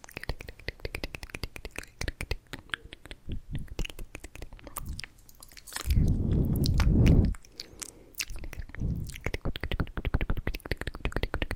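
Intense mouth sounds: a dense run of wet clicks, pops and smacks, fast and irregular, crisp and bright. Around six to seven seconds a louder, low, rumbling wet squish swells, then the quick clicking resumes through the end.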